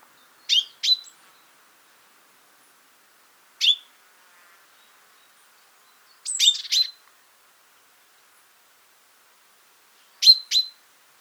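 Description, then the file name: Common chaffinch calls: short, bright, clipped notes, singly or in small groups, given every few seconds with silence between. "Fringilla coelebs"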